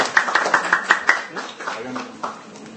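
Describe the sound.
A brief round of audience applause: about a second of quick, steady claps that thin out and fade, with faint murmuring voices underneath.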